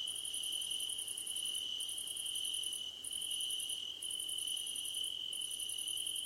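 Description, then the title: Pulsed cricket chirping in bursts about a second long, broken by brief gaps, over a constant shrill tone. Crickets calling at night under a starlit sky. "Nighttime Ambience with Crickets 🌃"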